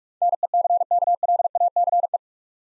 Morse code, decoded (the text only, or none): NECKLACE